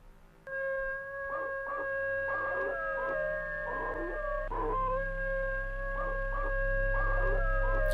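A black dog in a yard lets out a long, sustained howl in a steady, high-pitched tone, then barks loudly, with repeated short pulsing bursts layered over it, loud and continuous for the whole stretch with no talking.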